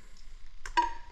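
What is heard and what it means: An ignition coil or plug boot from a 2004 Volvo VC40 is pulled with some force off a spark-plug-style terminal end, used to give the spark somewhere to go. Faint low rustling comes before two sharp snaps at 0.7 s and 0.8 s, the second louder and followed by a brief ringing tone. The boot pops off and is released.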